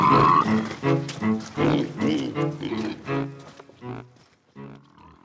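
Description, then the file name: Pig grunting and oinking in a quick series of short, harmonic, nasal bursts that fade toward the end. "Schwein"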